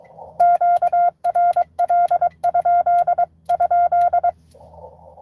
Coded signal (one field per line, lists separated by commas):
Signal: Morse code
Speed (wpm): 22 wpm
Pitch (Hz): 700 Hz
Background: none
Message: QRL? ?